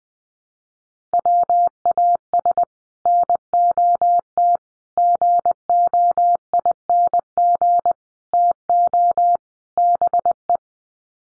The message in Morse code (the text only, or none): WAS NOT GOING TO BE